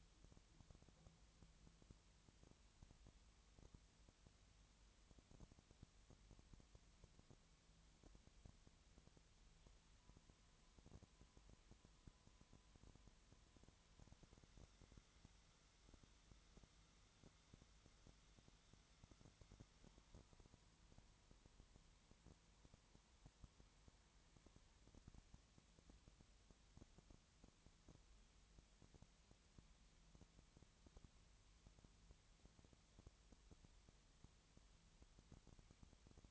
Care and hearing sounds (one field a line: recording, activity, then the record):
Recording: daily activity, microphone in the room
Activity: no activity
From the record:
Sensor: 3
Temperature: 20.6 degrees Celsius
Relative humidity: 34.7%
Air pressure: 1007.2 hPa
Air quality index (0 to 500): 137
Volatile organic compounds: 3 ppm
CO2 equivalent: 1526 ppm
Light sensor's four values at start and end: 2/3/2/2 and 2/3/2/2